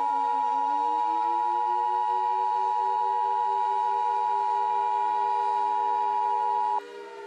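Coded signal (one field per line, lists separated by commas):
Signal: Emergency Alert System (SAME) tones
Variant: 853 and 960 Hz attention tone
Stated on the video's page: Fictional mock EAS scenario, a recreation set in an alternate 2002 where the universe collapses.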